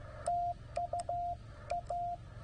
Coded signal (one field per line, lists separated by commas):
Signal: Morse code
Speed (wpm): 16 wpm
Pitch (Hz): 700 Hz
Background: radio noise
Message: TU A